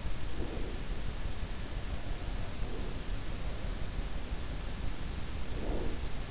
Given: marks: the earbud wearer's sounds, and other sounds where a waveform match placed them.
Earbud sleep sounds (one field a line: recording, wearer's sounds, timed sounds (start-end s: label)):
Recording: sounds in sleep by an in-ear microphone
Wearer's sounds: breath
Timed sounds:
0.23-0.88 s: breath
2.79-3.27 s: breath
5.54-6.12 s: breath